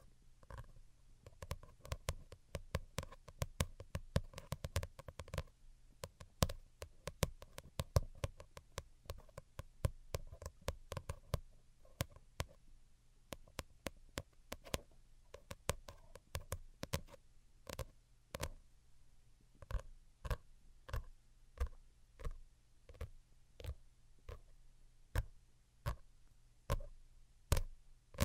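Light, delicate tapping runs through the whole recording. For the first half the taps are quick and dense in irregular clusters, then from about eighteen seconds they thin into a slower, evenly spaced pattern of single crisp clicks. A faint low hum sits underneath throughout.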